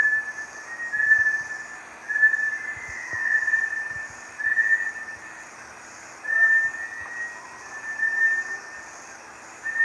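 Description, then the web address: Bartlett's tinamou giving a series of clear whistled notes near a steady pitch over a faint constant hiss. "Bartlett's tinamou. دانلود-صدای-پرنده-وشم-بارتلت"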